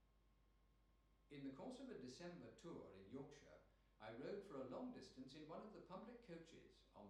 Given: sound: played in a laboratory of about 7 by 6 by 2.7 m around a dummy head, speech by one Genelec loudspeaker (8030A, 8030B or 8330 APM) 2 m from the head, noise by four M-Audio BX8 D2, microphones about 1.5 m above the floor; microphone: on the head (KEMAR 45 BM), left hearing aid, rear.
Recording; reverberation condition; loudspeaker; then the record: male speech in English; medium; 150 degrees to the right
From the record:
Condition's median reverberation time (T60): about 510 ms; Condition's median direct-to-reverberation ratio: about -0.5 dB